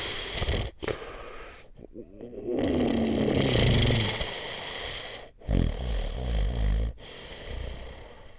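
Loud, rough snoring with snorting, gasping bursts between brief quieter gaps, typical of sleep apnea snoring in an adult sleeper.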